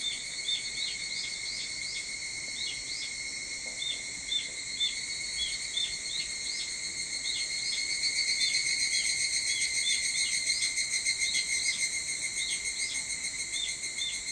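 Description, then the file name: Evening cicada chorus, shrill and continuous, with many short repeated chirps; from about eight seconds a louder pulsed phrase throbs steadily. Recorded 22 July 2023 at 04:40. "higurashi 230722 0440"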